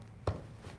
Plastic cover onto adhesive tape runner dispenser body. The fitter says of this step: I didn't hear any snapping some I guess there just isn't